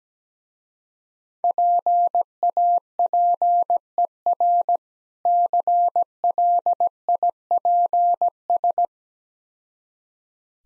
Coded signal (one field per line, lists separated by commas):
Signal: Morse code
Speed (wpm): 17 wpm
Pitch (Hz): 700 Hz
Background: none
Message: PAPER CLIPS